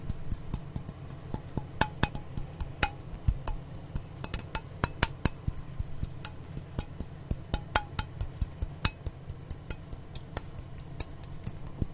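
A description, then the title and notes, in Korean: Fingers tap here and there on surfaces, making short, crisp ticks at an irregular pace, some clustered, some spaced out, a few clearly louder than others. Beneath the taps runs a steady low hum that stays constant for the full twelve seconds. 손가락으로 여기저기 톡톡.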